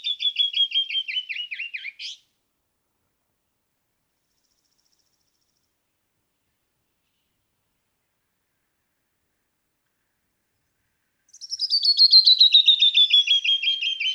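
Canyon wren song: a cascade of clear whistled notes sliding down the scale, heard at the start, then silence, then another descending series near the end.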